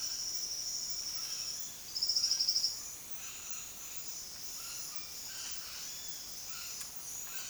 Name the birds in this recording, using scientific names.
Orthopsittaca manilatus, Sclateria naevia